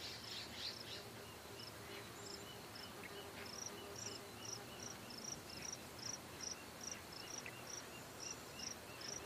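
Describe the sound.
Cicada calling with quick high chirps, denser and jumbled at first, then settling into an even series a little faster than two per second; low hum behind.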